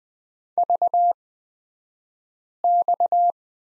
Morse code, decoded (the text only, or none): VX